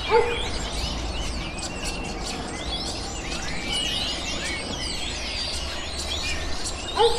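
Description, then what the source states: Birds twittering in a steady chorus of high chirps and slurred whistles, with a brief lower call at the very start and end, over low rumble. Birds recorded in a city.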